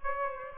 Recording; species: mosquito wingbeat signal from an infrared sensor; Aedes aegypti